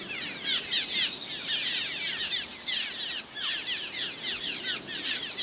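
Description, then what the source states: Cliff Swallow calls from a large flock: continuous overlapping squeaky chirps slurring downward, swelling and dipping in loudness, with no other clear sounds. Cliff Swallow calls from a big flock; call likened to 'sure, sure, sure'; species' most common call described as a soft chirr.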